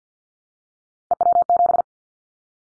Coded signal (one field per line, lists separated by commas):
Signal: Morse code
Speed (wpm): 50 wpm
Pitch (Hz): 700 Hz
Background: none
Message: EW7